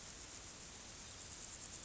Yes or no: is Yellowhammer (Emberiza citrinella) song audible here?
no